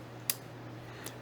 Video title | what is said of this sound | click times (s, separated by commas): Peafowl DF-1 Operational Tutorial Walkthrough: Load Film, Change Lenses, & Double Exposures | Drop it in place, rotate it till it clicks. | 0.3 s